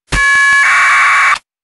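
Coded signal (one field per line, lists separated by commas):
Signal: packet radio (AX.25, as in APRS)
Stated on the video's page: APRS received with an SDRplay RSP2 in SDRuno, decoded with SoundModem.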